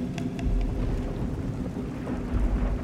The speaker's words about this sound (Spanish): En la otra estancia, los truenos y relámpagos se sucedieron uno tras otro una vez más.